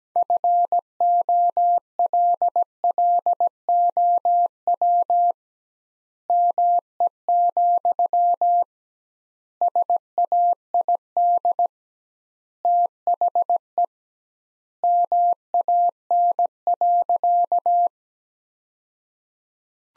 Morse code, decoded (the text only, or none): FOLLOW ME, SAID THE MAN.